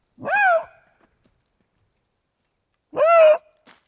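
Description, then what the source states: Eurasian lynx giving two short, harmonic wailing calls, a few seconds apart. Rare recording made in the Jura; the lynx is scarce and seldom encountered.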